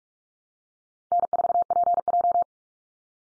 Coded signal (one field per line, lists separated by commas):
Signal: Morse code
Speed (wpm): 44 wpm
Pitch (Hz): 700 Hz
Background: none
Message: N4PJ